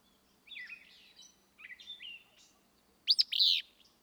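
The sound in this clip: Willow flycatcher song, a loud burry two-part phrase after a few softer slurred whistles and chips at the start.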